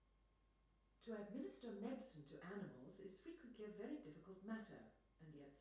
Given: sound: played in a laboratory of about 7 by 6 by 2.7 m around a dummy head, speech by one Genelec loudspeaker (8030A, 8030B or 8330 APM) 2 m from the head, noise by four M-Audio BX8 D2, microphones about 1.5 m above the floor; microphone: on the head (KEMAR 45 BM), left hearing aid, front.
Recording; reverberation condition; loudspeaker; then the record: female speech in English; medium; 120 degrees to the right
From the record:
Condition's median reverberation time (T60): about 510 ms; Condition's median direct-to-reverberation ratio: about -0.5 dB